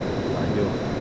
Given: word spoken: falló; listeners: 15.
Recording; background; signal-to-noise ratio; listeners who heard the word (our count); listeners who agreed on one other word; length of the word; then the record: one Spanish word in noise, from a listening test; speech-shaped noise; -4.9 dB; 2 of 15; 11 of 15; 0.60 s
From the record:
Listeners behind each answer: 11, 2, 1, 1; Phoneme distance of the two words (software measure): 17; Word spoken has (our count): 2 syllables, 4 phonemes, stress on syllable 2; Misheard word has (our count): 2 syllables, 5 phonemes, stress on syllable 2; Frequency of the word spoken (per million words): 6.41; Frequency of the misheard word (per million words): 591.02